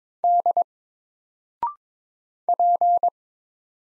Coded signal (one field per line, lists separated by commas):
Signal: Morse code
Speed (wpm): 22 wpm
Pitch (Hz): 700 Hz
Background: none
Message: D P